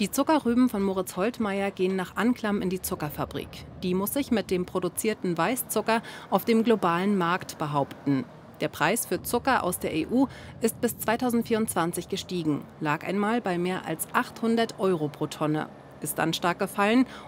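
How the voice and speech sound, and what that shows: Clear, fluent German narration by one adult at a steady pace over faint traffic noise; normal speech.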